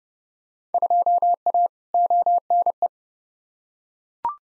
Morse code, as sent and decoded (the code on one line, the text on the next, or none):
..--- .- / --- -. .
2A ONE